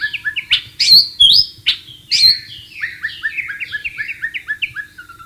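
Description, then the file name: White-rumped shama song, loud rising whistles and sharp upswept notes followed by a quick descending string of short slurred phrases. Wild bird, recorded in the wild. "suara burung murai batu di alam liar"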